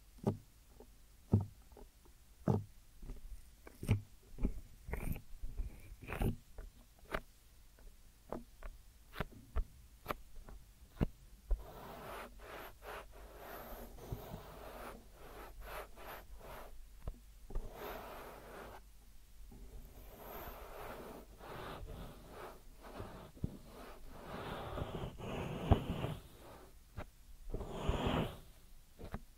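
Deep ear massage sounds: for the first ten seconds or so, sharp taps and clicks land irregularly, a few per second. After that it turns into denser rubbing and brushing that swells and fades, with louder, fuller passes around 17, 21 and 25–28 seconds.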